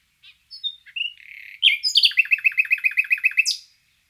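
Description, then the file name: Common nightingale song: thin whistled notes and a buzzy note lead into a rapid, steady series of many loud repeated notes ending with an upward sweep. "Luscinia megarhynchos"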